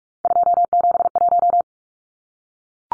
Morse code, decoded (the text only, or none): 271